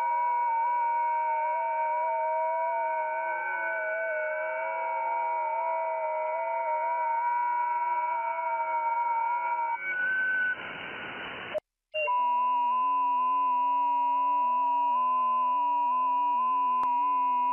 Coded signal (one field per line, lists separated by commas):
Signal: FT8